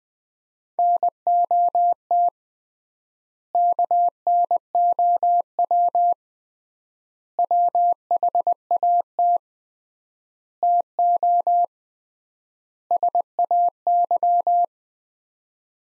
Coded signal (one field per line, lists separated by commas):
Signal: Morse code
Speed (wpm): 20 wpm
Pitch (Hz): 700 Hz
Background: none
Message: NOT KNOW WHAT TO SAY